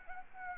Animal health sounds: mosquito wingbeat signal from an infrared sensor; Anopheles arabiensis

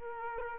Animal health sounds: mosquito wingbeat signal from an infrared sensor; Culex quinquefasciatus

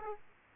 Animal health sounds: mosquito wingbeat signal from an infrared sensor; Aedes aegypti

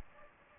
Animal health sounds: mosquito wingbeat signal from an infrared sensor; Anopheles gambiae

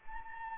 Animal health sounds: mosquito wingbeat signal from an infrared sensor; Anopheles arabiensis

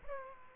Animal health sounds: mosquito wingbeat signal from an infrared sensor; Aedes aegypti

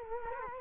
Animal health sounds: mosquito wingbeat signal from an infrared sensor; Culex quinquefasciatus

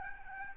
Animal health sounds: mosquito wingbeat signal from an infrared sensor; Aedes albopictus

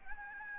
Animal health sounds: mosquito wingbeat signal from an infrared sensor; Aedes albopictus

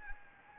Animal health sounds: mosquito wingbeat signal from an infrared sensor; Anopheles arabiensis

